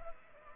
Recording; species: mosquito wingbeat signal from an infrared sensor; Culex pipiens